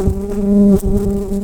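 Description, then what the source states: Brown-banded carder bee buzzing, a steady droning hum with a strong low tone and harmonics, with a brief break near the middle. Worker bees.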